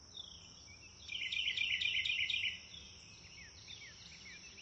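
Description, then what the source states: Bird chirping: a rapid high twittering burst of about a second and a half, followed by scattered soft downslurred chirps, over a constant high hiss. Nature ambience recorded in a wood near a river, with birds chirping.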